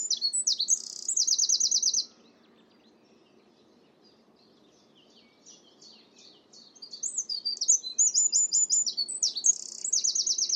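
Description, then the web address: Bird song: a high twittering phrase ending in a quick trill, a quiet gap of faint chirps, then a longer run of rapid twittering with another trill. "cianscape birddata Deverinetal 2025"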